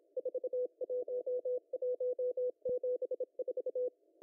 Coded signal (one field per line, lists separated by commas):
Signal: Morse code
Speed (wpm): 26 wpm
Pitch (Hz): 500 Hz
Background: none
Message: 41174